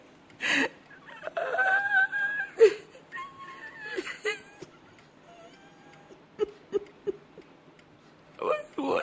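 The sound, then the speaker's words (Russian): A mother and grandmother cry and sob while embracing a man about to be arrested, in ragged, uneven bursts, with high quavering whimpers and wails followed by a string of short, catching gasps and a final tearful outburst. “Мама и бабушка с плачем обнимают его.”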